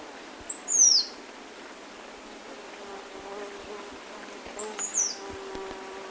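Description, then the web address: Yellow-throated tanager giving two thin, very high descending call notes about four seconds apart. Ecuador. "Birds of Ecuador. Yellow-throated Tanager"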